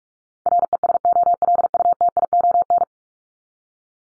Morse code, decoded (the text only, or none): RESOLUTION